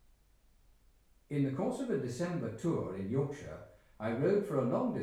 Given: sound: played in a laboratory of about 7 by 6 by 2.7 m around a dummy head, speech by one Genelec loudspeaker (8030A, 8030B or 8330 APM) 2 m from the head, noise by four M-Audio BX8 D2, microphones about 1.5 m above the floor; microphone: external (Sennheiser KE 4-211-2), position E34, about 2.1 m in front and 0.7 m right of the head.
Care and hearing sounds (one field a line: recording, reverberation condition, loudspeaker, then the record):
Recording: male speech in English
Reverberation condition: medium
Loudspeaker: 30 degrees to the left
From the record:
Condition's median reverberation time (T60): about 510 ms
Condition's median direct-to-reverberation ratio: about -0.5 dB